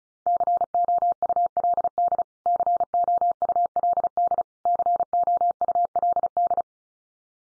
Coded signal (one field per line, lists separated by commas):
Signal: Morse code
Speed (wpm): 34 wpm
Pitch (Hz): 700 Hz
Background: none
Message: COULD COULD COULD